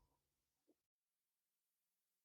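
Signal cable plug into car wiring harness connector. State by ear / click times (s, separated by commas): not seated / none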